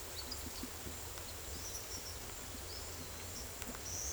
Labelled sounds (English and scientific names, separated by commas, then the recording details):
none
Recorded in secondary vegetation near Puerto Asís, Putumayo, Colombia, on 22 December 2024 at 17:30
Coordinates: 0.468, -76.324
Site G095